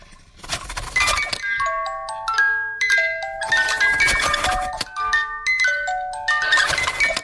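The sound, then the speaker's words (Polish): A music box built into a toilet paper holder, set going by pulling the toilet paper, plays a bright, plinking melody in quick repeated phrases of high metallic notes, with a faint rustling of paper mixed underneath. “Uchwyt do papieru toaletowego będący jednocześnie pozytywką.”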